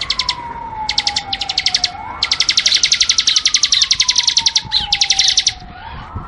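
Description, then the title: Bar-winged prinia song, a long run of fast, high, ticking trill notes in close bursts, a low wavering siren-like tone sliding beneath. Tutor recording from 2019 for training birds, covering the semi and crystal varieties. "Masteran 2019 Cisem Ciblek Semi Dan Cikris Ciblek Kristal"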